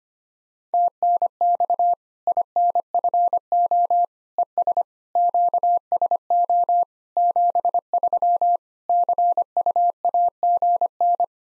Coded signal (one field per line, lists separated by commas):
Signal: Morse code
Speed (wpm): 25 wpm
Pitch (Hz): 700 Hz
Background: none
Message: TNX INFO ES QSO 73 CUAGN